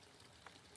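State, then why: Seated. After rimfire cartridges are loaded into the buttstock magazine tube of a Winchester Model 74 rifle, the spring-loaded inner magazine tube is pushed back in and turned until it locks. A brief burst of sound comes at about 0.5 s, then a short metallic click at 0.8 s as the inner tube locks into place.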